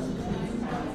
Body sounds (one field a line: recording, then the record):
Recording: background sound without coughing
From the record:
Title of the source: 60 minutes of coffee shop sounds for study and concentration